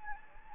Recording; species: mosquito wingbeat signal from an infrared sensor; Anopheles gambiae